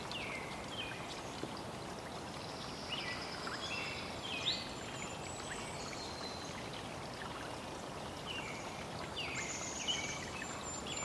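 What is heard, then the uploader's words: Running water fills a wooded park with a steady, dense rush that holds level from start to finish. Above it, birds sing and chirp in bright, scattered phrases, with slightly louder calls near four and ten seconds. Marquam Nature Park, amazingly less than a half mile from downtown Portland, Oregon and an Interstate Highway Junction.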